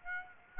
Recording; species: mosquito wingbeat signal from an infrared sensor; Aedes aegypti